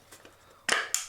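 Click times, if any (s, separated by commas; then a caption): 0.9 s. An AquaTech AxisGo plastic underwater housing for an iPhone 12 Pro Max is closed and its latch pressed into the locked position. Two faint ticks and a louder handling clatter at about 0.7 s lead into a sharp, bright snap at 0.9 s as the latch locks shut and seats.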